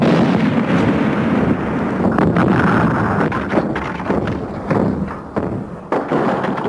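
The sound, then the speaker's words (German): A charge detonated in the snow explodes in a loud, deep, roaring blast that knocks an object over and rumbles on for several seconds, broken by sharp cracks and thuds of falling debris as it slowly fades. “Die Explosion hat das Ding umgekippt.”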